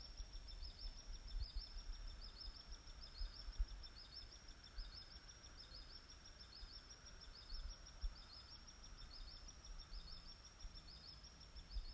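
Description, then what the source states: Bird giving a long, unbroken string of high, thin chirping notes at an even fast pace, with low background rumble throughout. Sent in with a question in 2020.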